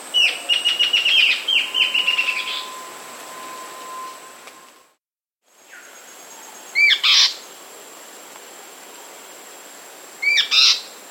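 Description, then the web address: Warbling antbird song: a quick series of high notes at the start, then a gap of silence and two loud, sharp separate chirps; a steady faint high tone runs underneath. "S America Warbling Antbird"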